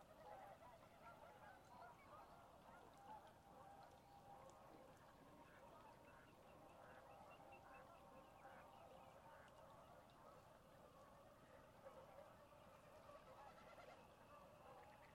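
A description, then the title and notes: Waterfowl call constantly over a steady wash of trickling water, with honking, goose-like voices crowding the middle range. Brighter, repeated calls stand out between about six and ten seconds, and the thick, busy chorus continues evenly for the whole clip. Dusk falls on my second night at Conboy Lake National Wildlife Refuge in Glenwood, WA. This time of year the sound of trickling water is omnipresent as the shallow valley fills with still water. They also make the constant "peep-peep-peep-peep" call you hear throughout. Many different kinds of waterfowl, songbirds, and cranes.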